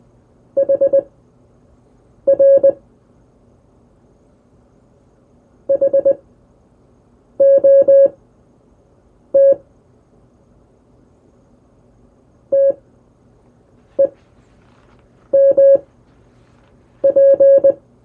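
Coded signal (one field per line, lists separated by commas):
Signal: Morse code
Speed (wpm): 20 wpm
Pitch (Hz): 550 Hz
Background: none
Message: HR HOT TEMP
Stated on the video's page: Morse illustrating a typical first CW QSO on the air.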